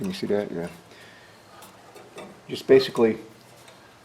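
While reassembling the carburetor on a Craftsman 26 snowblower that won't start, the metal throttle rod is handled and bent slightly to be snapped back into its hole in the throttle linkage. Someone talks over faint handling noises. Nothing has seated or clicked yet.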